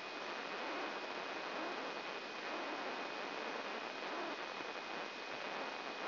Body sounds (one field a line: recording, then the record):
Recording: brain microelectrode recording played as sound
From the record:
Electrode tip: inside the subthalamic nucleus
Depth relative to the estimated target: -1 mm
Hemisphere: right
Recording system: AlphaMap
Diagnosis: Parkinson's disease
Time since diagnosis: 9 years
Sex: male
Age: 66 years